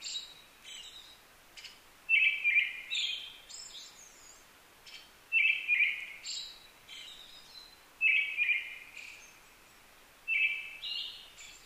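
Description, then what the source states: Brown-headed thrush delivering four whistled phrases, each a rolled low whistle trailing into higher strained notes, spaced a few seconds apart. Recorded 15 May 2010 at 18:56.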